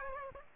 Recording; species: mosquito wingbeat signal from an infrared sensor; Aedes aegypti